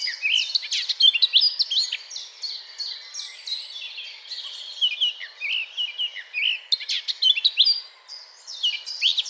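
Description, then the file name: Eurasian blackcap song, long tumbling sequences of bright warbled and whistled notes with scratchier phrases mixed in, pausing briefly just before the end. "Sylvia atricapilla"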